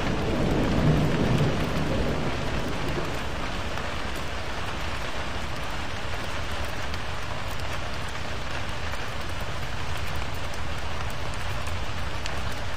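Steady heavy rain pours throughout, a dense even hiss spread from low to high. In the first two seconds a deep low rumble, likely thunder, rolls under the rain and fades, leaving the downpour constant and unchanging to the end.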